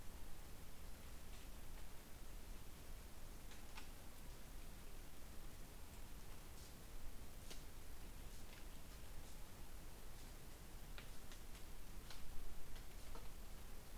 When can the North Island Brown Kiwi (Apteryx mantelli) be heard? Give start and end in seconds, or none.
none